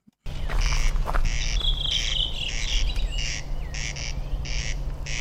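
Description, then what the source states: Corn crake calling, a dry rasping double note repeated steadily over a constant low hum. Recorded on 9 June of the previous year during a summer corncrake outing; several corncrakes present.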